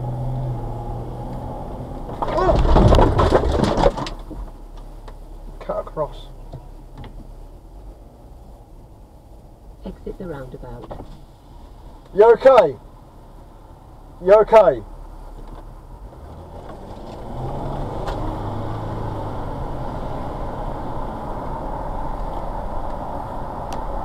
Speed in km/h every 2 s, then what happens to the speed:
19, 13, 5, 2, 5, 5, 2, 0, 15, 24, 32, 31.
1-5 brakes to 2. 5-12 steady at about 2. 12-15 standing. 15-19 pulls away to 32.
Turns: 14-19.